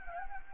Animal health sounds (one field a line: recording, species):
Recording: mosquito wingbeat signal from an infrared sensor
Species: Anopheles gambiae